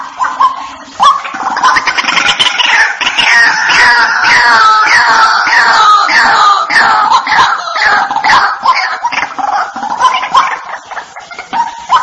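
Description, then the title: White-breasted waterhen calling: loud, harsh, croaking notes with falling strokes, repeated many times in a rough rhythm. "Panggilan Burung Ruak Ruak"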